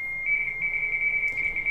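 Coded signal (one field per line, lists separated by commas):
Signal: RTTY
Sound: a steady high tone, then a fast warbling chirp between two close pitches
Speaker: 5 and just put out a CTU call and you see XT FSK it starts up and starts sending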